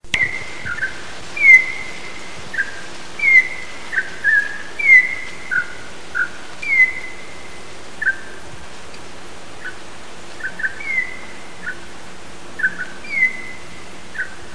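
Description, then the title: Campo troupial song: clear whistled notes, some sliding down and some held level, in short repeated phrases. Brazilian bird, recorded in Brazil. "Canto de Pássaros Brasileiros. Troupial (Icterus icterus jamacaii)"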